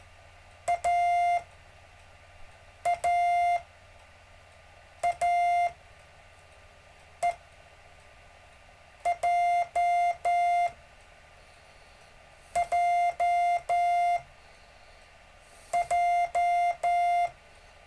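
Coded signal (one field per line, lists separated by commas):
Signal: Morse code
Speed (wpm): 13 wpm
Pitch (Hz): 700 Hz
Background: music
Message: A A A E J J J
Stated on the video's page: Gentle Morse code practice during a live stream lesson.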